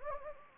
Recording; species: mosquito wingbeat signal from an infrared sensor; Anopheles gambiae